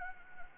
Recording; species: mosquito wingbeat signal from an infrared sensor; Anopheles gambiae